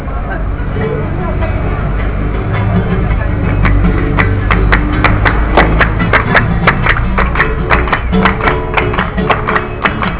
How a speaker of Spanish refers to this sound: Vamos con las palmas acá.